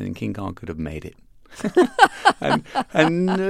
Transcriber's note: laughter